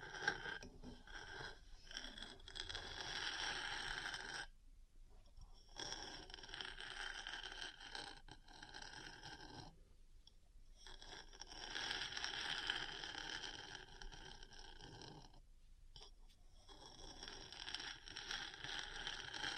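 Metal parts scratch and grind against each other in long, dense scraping passages with a bright, raspy edge. Brief pauses break the scraping about every five seconds, near 5, 10 and 16 seconds, before it resumes at a steady level.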